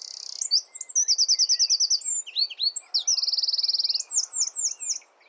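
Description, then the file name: Eurasian wren delivering an explosive, high, rapid song with two long rattling trills among quick chattering notes, ending abruptly. "Troglodytes troglodytes"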